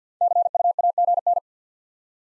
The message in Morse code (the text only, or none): CUAGN